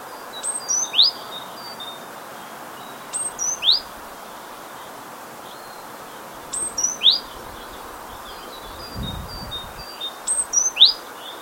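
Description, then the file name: Great tit call: high thin three-note phrases, each ending in a rising sweep, repeated four times roughly every three seconds, over steady background hiss. "Parus major"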